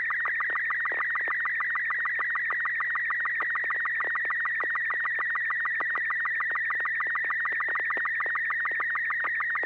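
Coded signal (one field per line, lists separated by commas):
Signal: SSTV (slow-scan television)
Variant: Robot 36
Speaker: good. A quick robot 36. Um, you still get pixel pops, but there's not as many as we've seen in previous transmissions.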